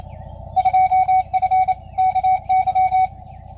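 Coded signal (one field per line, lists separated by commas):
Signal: Morse code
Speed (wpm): 28 wpm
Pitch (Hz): 750 Hz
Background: none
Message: 2F KY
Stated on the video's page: CW operating during Field Day.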